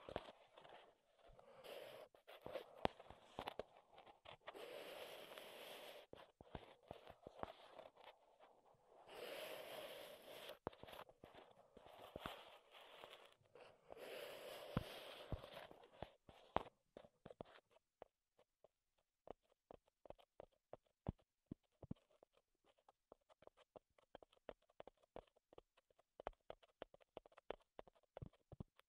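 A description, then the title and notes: Wooden trigger sounds: for the first seventeen seconds a dense scratching and rubbing runs almost without pause, dotted with sharp clicks. After that the rubbing stops, leaving quick, sparse taps and clicks separated by short silences until the end. ASMR Wood Triggers in Your Ears (No Talking).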